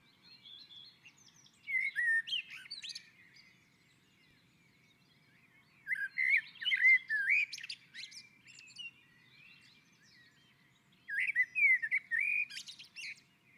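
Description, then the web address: Common blackbird song: several phrases spaced a few seconds apart, each of low fluting warbles ending in a high, scratchy flourish. Singing on a roof. "Naturinspelningar Koltrast på taket"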